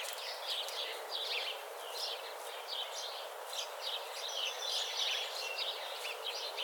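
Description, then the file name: House sparrow calls: busy, continuous chirping of many short notes blending into a lively chatter over a constant hiss. "Passer domesticus"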